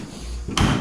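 During bodywork panel alignment, a car door is closed so its worn latch, with its coating partly gone, catches on the striker on the body. After a quiet low rumble, a single sharp thud-click lands at 0.6 s. The latch catches and the door seats, though it is unclear which of the latch's two clicks was reached.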